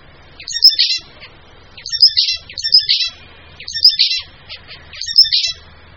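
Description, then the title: Bird chirping in loud, bright bursts of rapid high notes, each burst about half a second long and repeated roughly every one and a half seconds. Mixed birds. "manuk campur"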